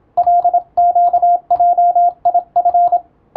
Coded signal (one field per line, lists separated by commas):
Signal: Morse code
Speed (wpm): 27 wpm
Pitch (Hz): 700 Hz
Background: radio noise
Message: LQJIF